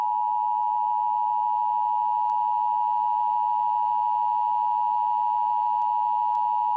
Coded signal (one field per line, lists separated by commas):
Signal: Emergency Alert System (SAME) tones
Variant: 853 and 960 Hz attention tone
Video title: EAS Mock Airplane Disaster! REMADE